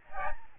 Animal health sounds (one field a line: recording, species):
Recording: mosquito wingbeat signal from an infrared sensor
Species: Aedes albopictus